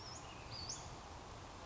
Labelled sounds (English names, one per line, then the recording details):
Western Flycatcher
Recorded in Sonoma County, California